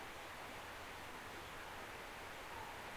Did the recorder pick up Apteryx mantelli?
no